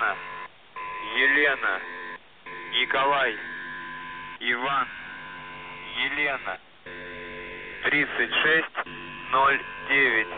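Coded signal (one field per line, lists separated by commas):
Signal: coded military voice message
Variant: Russian, The Goose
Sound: russian voice reading phonetic-alphabet names and numbers in short phrases, with pauses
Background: radio static, hum tones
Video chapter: 01:35 - Воздух Охват98 34687 ЦВЕТЕНИЕ 3609 4396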